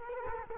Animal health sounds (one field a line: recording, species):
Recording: mosquito wingbeat signal from an infrared sensor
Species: Culex quinquefasciatus